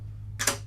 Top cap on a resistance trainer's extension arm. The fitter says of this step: i want to hear that click as it locks into place